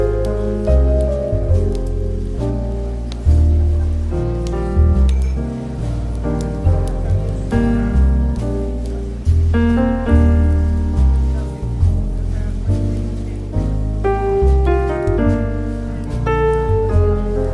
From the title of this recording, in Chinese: 咖啡馆氛围与轻松舒缓的爵士音乐